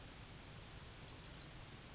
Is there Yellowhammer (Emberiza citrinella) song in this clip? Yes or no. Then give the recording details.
yes. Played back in grassland. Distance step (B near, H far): E. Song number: 036